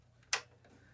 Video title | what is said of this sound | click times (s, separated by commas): Thread a Baby Lock Triumph for a 4 thread overlock | i'm going to be quiet you're going to hear it snap in | 0.3 s